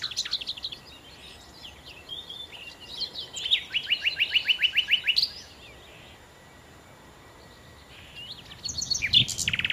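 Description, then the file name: Common nightingale song with a rapid, steady series of repeated notes in the middle, framed by varied chattering phrases and other birdsong. "Nachtigall"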